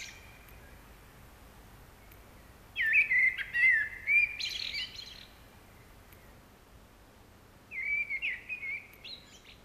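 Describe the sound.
Common blackbird song, a mellow whistled phrase ending in higher squeaky notes, then a shorter warbled phrase after a pause.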